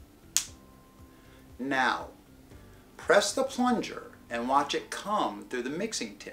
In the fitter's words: the clear wing tabs in the direction of the black arrow until you hear and feel it snap into place now